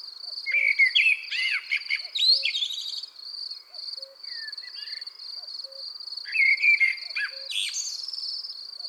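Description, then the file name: Common blackbird song phrases, mellow fluted warbles several times, over a steady high insect-like hiss and soft regular low pulses. "Merle noir"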